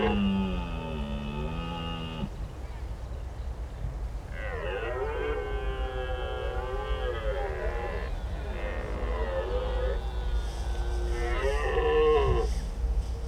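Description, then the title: Red deer bellowing: several long, harmonic moaning roars, some wavering, one after another over a steady low rumble of traffic noise. Daytime rutting bellows at Marais de Lavours marsh, Béon, France; stags rut early here, rarely waiting for night; near roads and a large rail yard; Lom Usi Pro, Zoom F8. "Marais de Lavours -Béon, France - Brame diurne"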